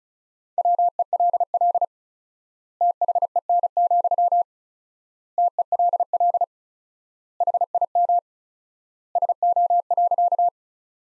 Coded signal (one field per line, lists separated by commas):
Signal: Morse code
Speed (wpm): 34 wpm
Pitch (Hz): 700 Hz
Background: none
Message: WELL THEN, TELL HIM SO.